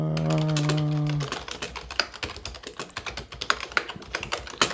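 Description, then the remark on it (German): A steady low humming tone lasts about a second, then gives way to a rapid, loud clatter of computer keyboard keys, the sharp clicks coming in quick irregular bursts. “Zum Glück ist bald Weihnachten, da können wir dir eine leise Tastatur schenken.”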